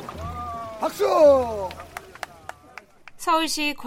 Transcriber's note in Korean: 녹취: 귀주대첩 흥화진 전투 체험 현장음